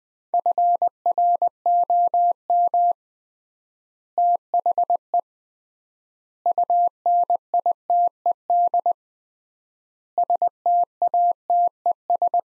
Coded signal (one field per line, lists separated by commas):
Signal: Morse code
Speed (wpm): 20 wpm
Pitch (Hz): 700 Hz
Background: none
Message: FROM THE UNITED STATES